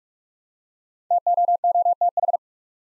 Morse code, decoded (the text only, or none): TOOTH